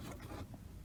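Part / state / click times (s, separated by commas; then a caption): H7 bulb into car headlamp housing / not seated / none. A new H7 halogen high beam bulb is handled into the headlamp housing of a Mercedes C-Class, making soft rubbing and scraping sounds. No click is heard, and the bulb has not seated yet.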